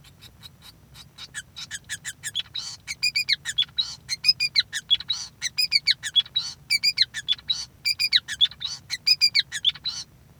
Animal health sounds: song of a male Bengalese finch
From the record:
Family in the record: son of father 5

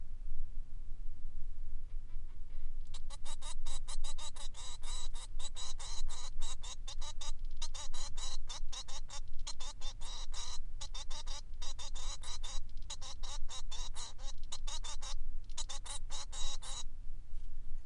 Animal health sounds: song of a male Bengalese finch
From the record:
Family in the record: son of father 3

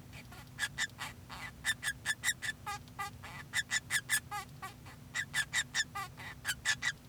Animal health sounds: song of a male Bengalese finch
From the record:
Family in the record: son of father 2

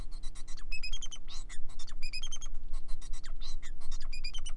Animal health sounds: song of a male Bengalese finch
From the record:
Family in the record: son of father 4

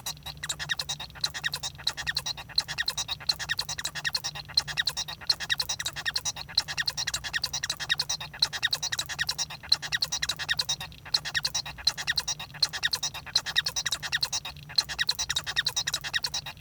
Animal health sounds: song of a male Bengalese finch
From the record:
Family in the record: son of father 1

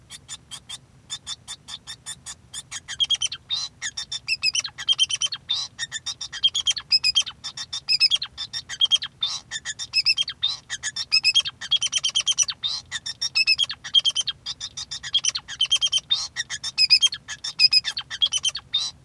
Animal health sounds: song of a male Bengalese finch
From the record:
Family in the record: son of father 2

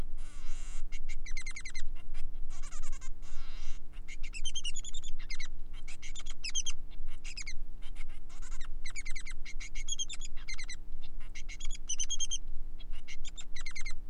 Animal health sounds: song of a male Bengalese finch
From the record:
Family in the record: son of father 3

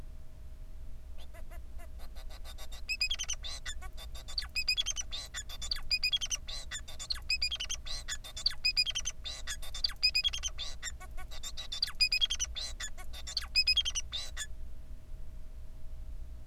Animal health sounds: song of a male Bengalese finch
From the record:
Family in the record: son of father 4

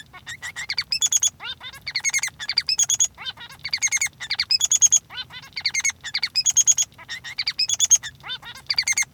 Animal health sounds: song of a male Bengalese finch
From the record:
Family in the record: son of father 3

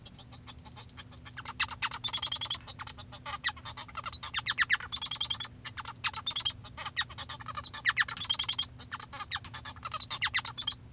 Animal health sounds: song of a male Bengalese finch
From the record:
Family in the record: father 1

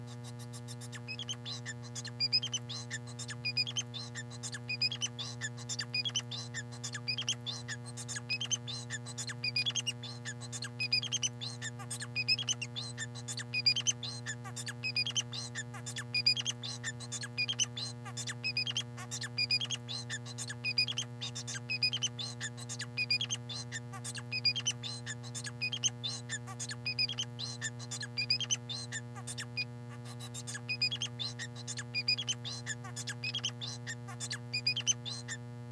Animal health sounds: song of a male Bengalese finch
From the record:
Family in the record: son of father 4

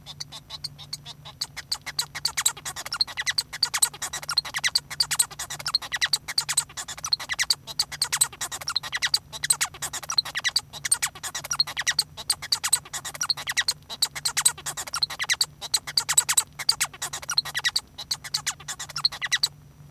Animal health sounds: song of a male Bengalese finch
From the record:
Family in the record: son of father 1

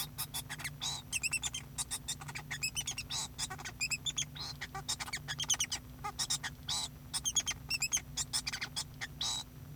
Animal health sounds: song of a male Bengalese finch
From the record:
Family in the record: son of father 2

